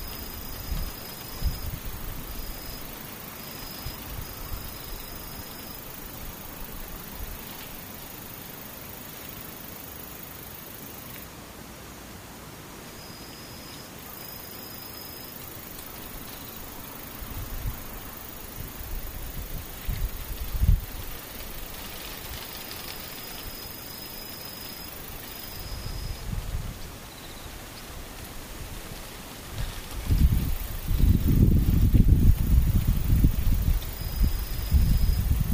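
Insects call steadily throughout, with a thin, high continuous hiss and short repeated chirping pulses in a bright register that come and go every few seconds. Low rustling and handling bumps break in now and then, growing louder and denser in the final five seconds.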